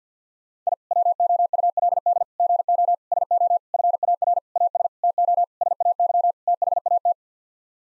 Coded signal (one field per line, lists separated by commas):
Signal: Morse code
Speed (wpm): 50 wpm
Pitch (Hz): 700 Hz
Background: none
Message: I WOULD GO SO FAR AS TO SAY THAT